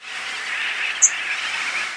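Yellow warbler, one very high, thin, brief call note, a quick single seep, over a steady broad hiss of background noise.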